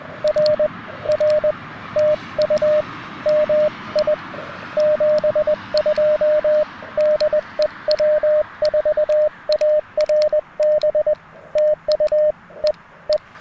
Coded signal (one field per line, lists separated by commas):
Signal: Morse code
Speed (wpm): 20 wpm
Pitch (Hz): 610 Hz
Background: radio noise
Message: R R TU MI 72 DE W4ARB TU E E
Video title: QRP CW POTA Activation - 9/19/23 @ Tuskegee National Forest (K-4451)